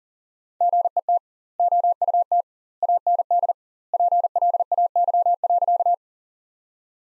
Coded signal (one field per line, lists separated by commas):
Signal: Morse code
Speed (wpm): 40 wpm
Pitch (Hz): 700 Hz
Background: none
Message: GET OUT AND PLAY.